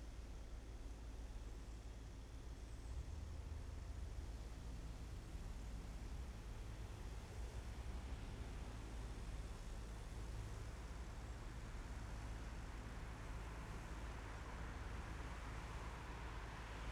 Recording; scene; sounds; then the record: everyday scene through a hearing-aid microphone; in traffic; traffic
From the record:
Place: main city hub, rush hour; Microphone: behind the ear, left, front